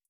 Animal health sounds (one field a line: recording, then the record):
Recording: hydrophone in a shrimp aquaculture tank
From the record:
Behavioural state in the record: feeding